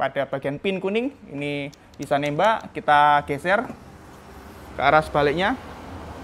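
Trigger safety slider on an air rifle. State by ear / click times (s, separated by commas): not seated / none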